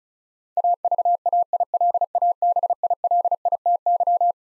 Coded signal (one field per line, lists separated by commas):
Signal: Morse code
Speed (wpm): 36 wpm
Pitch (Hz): 700 Hz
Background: none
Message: AVAILABILITY